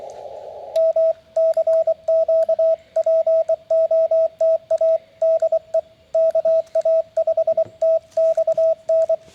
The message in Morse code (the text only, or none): MCQ POTA DE KA5TXN